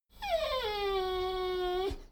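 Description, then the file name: Dogo Argentino whining: one drawn-out tone that falls at first, then holds steady before cutting off after nearly two seconds. Whining, medium intensity. "dogo argentino whine medium"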